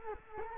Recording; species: mosquito wingbeat signal from an infrared sensor; Culex quinquefasciatus